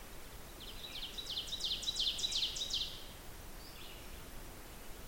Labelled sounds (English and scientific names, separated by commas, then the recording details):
Ovenbird (Seiurus aurocapilla) song
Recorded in boreal forest in Alberta, Canada, on 16 June 2016 at 08:10
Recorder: SongMeter 3, array SBT-3-32
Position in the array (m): 111 m, 154 m
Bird 37